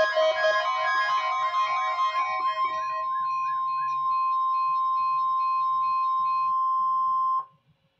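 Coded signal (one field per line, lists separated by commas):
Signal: Emergency Alert System (SAME) tones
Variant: 1050 Hz attention tone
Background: music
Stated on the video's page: Required weekly test received from a NOAA weather radio station in Milwaukee.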